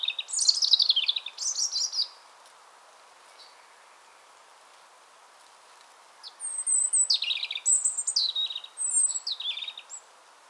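European robin song: a scratchy, descending high phrase with trills, a pause of about four seconds, then a longer series of thin whistles and falling notes.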